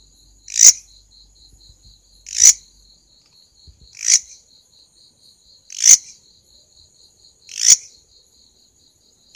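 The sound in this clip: Five crisp, buzzy grasshopper rasps, evenly spaced roughly every two seconds, against a steady faint high-pitched hum.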